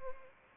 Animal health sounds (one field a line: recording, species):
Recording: mosquito wingbeat signal from an infrared sensor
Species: Anopheles arabiensis